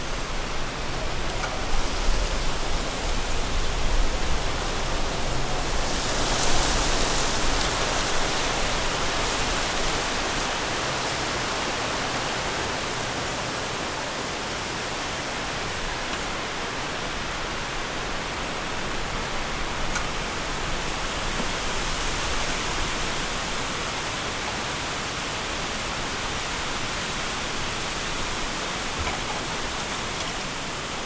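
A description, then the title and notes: Strong wind rushes steadily through a bamboo forest, a dense, hissing roar that fills the whole range from low rumble to bright top. Gusts swell in the first ten seconds, with a brighter surge around six seconds and another near twenty, before settling into a constant blow. Stronger Winds in a Bamboo Forest.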